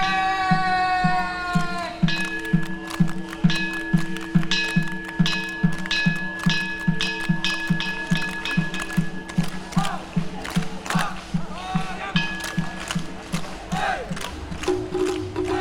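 Shamisen players strum in a steady, quick rhythm, about two or three sharp plucks per second, each with a low thrum beneath it. Held ringing notes sit over the pulse, and around ten to twelve seconds the strokes become brighter and less even.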